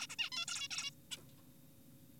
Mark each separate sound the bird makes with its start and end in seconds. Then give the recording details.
0.00-0.07, 0.10-0.16, 0.19-0.30, 0.32-0.46, 0.48-0.68, 0.71-0.91, 1.11-1.18. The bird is an adult. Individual g4p5U